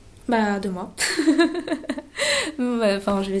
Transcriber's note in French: rire